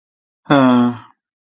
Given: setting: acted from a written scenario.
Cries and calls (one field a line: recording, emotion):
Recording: vocal sound without words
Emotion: neutral